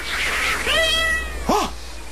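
A kitten mews twice with no talking: first a drawn-out, high, wavering cry, then a short, sharp mew that rises and falls.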